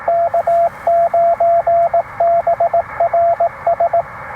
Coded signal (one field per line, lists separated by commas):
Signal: Morse code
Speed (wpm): 19 wpm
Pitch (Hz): 680 Hz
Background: radio noise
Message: K9BRS